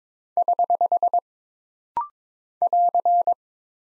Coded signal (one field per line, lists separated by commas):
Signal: Morse code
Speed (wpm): 22 wpm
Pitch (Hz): 700 Hz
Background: none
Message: <HH> <AR>